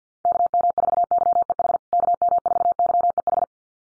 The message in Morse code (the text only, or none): KM4YEH KM4YEH